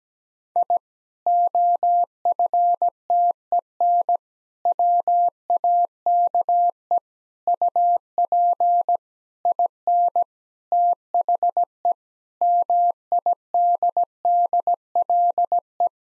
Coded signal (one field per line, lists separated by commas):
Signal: Morse code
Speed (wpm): 17 wpm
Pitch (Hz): 700 Hz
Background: none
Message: I OFTEN WAKE UP IN THE MIDDLE